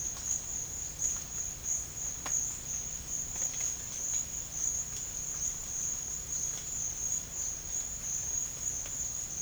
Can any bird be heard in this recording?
no